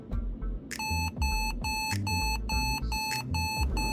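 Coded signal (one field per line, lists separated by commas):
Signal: beep code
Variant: Lenovo ThinkPad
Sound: steady series of short electronic beeps, roughly two per second, continuing throughout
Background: low hum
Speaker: because it's new it doesn't have any serial number. That's why you will get all these pips. You are missing date and time, machine type and serial number, UUID, and also the product name.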